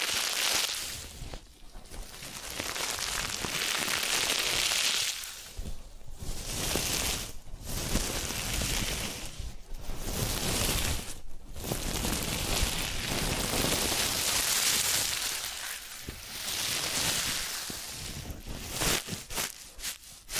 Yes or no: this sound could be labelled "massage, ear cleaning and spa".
yes